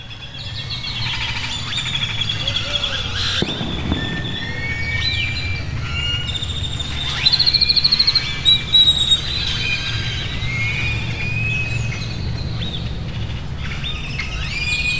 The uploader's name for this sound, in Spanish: Fonografias_Amanecer_Jalpan